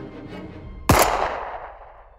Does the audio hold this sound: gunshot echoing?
yes